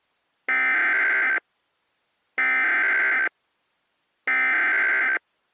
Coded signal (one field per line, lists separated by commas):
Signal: Emergency Alert System (SAME) tones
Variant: header bursts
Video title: The Dark Storm (EAS Scenario)